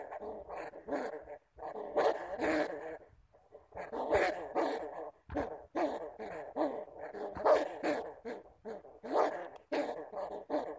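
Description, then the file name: Bamboo rat making raspy, harmonic chattering grunts in clustered bursts, with a short quiet gap near the middle and scattered clicks. "Tieng dui keu"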